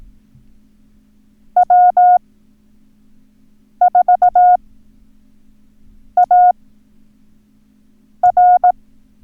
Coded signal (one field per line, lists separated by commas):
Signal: Morse code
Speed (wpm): 18 wpm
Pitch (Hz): 720 Hz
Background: none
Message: W4AR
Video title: Learn Morse Code - Numbers - Lesson 3